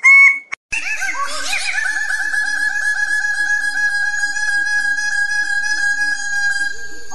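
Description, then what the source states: Bird-of-paradise calling: one short harmonic note, a brief gap, then a long, continuous run of rapid, harsh harmonic notes that carries on to the end. Master song used for training songbirds.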